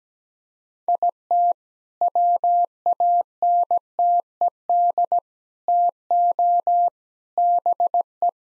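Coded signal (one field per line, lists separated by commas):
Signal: Morse code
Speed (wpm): 17 wpm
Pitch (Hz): 700 Hz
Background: none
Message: IT WANTED TO BE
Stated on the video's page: Morse code practice at 17 wpm, all-age jokes sent with contextual priming for copying practice.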